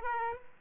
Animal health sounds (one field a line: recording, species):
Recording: mosquito wingbeat signal from an infrared sensor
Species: Aedes aegypti